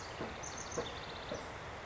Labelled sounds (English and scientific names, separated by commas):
House Wren (Troglodytes aedon)